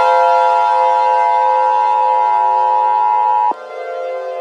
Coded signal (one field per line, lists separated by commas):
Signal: Emergency Alert System (SAME) tones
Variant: 853 and 960 Hz attention tone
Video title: ISIS Nightmare REMASTERED (An EAS Scenario)